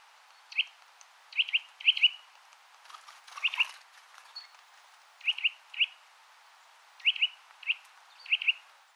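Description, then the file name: Eurasian nuthatch calls: bright piping notes in short clusters of two or three, spaced by pauses, with a brief rustling noise in the middle. "Sitta europaea"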